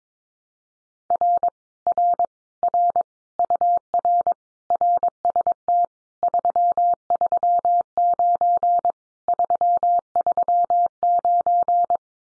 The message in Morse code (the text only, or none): R R R UR RST 339 339